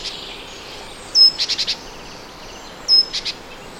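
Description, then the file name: Great tit call: a piercing thin note then quick buzzy scolding notes, heard twice in short succession against a quiet background. "Parus major"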